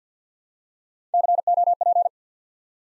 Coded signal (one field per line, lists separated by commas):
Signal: Morse code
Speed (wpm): 50 wpm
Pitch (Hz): 700 Hz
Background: none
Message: COP